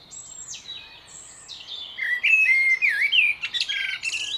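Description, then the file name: Common blackbird calling with a run of high twittering notes, then a louder stretch of whistled slurs and quick chirps. "Turdus merula"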